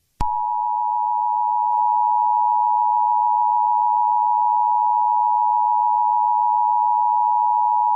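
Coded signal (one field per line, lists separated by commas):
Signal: Emergency Alert System (SAME) tones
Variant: 853 and 960 Hz attention tone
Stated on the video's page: Mock AMBER alert.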